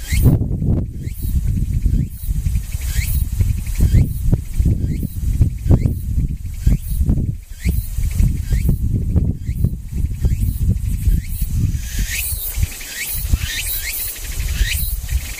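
Cicadas buzz in short, bright rising bursts that grow more frequent near the end, over a constant heavy low rumble like wind.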